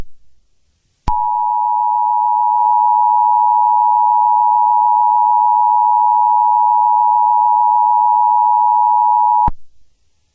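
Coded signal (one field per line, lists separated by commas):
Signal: Emergency Alert System (SAME) tones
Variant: 853 and 960 Hz attention tone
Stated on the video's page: Fictional scenario.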